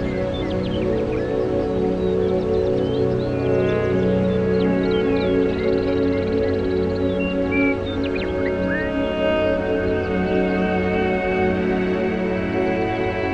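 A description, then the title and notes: A steady outdoor ambience built on a dense, constant low drone with layered humming tones. Short bright chirps and whistle-like calls break through scattered across the clip, most noticeably in the middle stretch, while the overall loudness stays even throughout. Nature Sounds.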